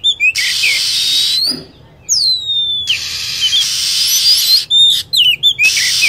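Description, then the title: Lovebird calls: long falling whistles and short chirps over and between sustained bands of loud hissing. Lure sound used to attract lovebirds. "PIKAT BURUNG LOVEBIRD"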